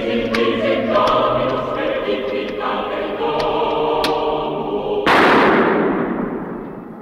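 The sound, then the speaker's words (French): Sustained droning tones with a few faint sharp cracks, then one loud gunshot in a film blasts in near the end and fades into a rumbling, hissing decay. “Après ces coups de feu, le film se conclut par une scène où l'on voit le patriarche Brazé assister tranquillement à une partie de tennis avec son clan.”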